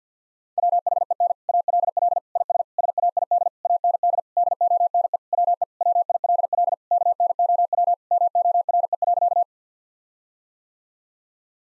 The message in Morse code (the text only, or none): WHEN ALL IS SAID AND DONE WE WILL KNOW MORE.